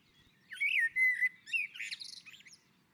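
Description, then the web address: Common blackbird song: a single phrase of low, mellow fluted whistles that ends in a burst of high, squeaky twittering. On the roof. "sammel Naturinspelningar Koltrast på taket"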